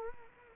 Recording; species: mosquito wingbeat signal from an infrared sensor; Culex quinquefasciatus